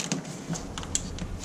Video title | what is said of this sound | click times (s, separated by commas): How To Change Spark Plugs & Wires - 94 - 01 Dodge 5.2L V8 | you hear that click and | 1.0 s